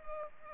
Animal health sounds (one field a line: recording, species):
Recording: mosquito wingbeat signal from an infrared sensor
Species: Culex pipiens